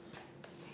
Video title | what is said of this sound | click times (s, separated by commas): Karcher gun repair - Vario Lance wouldn't attach | twist, and it all locks into place. | 0.4 s